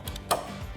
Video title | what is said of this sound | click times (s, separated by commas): 2019 Silverado 1500 UnderCover Ultra Flex Tri-Fold Tonneau Cover Review & Install | click in these buckles as well, so I'm | 0.3 s